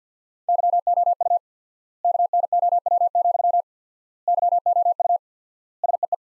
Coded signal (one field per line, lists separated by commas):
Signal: Morse code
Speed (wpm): 50 wpm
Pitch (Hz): 700 Hz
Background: none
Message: YOU KNOW, YOU SEE